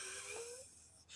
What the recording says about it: I've had, a wheeze when I breathe for like 9 or 10 months. It's been around a year. I don't know what it's from. If I breathe out, it'll catch. If I laugh, you can hear the wheeze sometimes. It's had no effect whatsoever on my cardio, on my ability to breathe heavily.